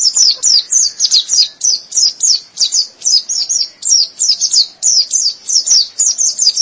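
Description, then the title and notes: White-eye song: rapid high twittering notes repeated several times a second in a lively, unbroken chatter. White-eye chirping song. "Kicauan Burung Pleci Durasi Panjang. Suara kicauan burung pleci"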